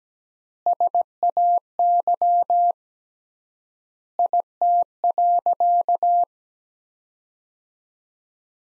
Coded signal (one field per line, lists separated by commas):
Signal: Morse code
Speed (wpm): 17 wpm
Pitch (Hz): 700 Hz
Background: none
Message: SAY IT.